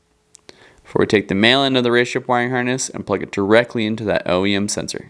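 On a McLaren 570S/570GT with the M838T engine, the female end of the add-on RaceChip tuning wiring harness is plugged onto the transmission temperature sensor plug and pushed until it locks. Two short, sharp clicks come at 0.4 s and 0.5 s as the connector seats, and then someone talks.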